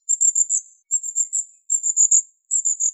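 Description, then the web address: Long-tailed tit calls: very high, thin notes in quick bursts of about five, the bursts repeating about every 0.8 seconds, with a quiet background. "Aegithalos caudatus"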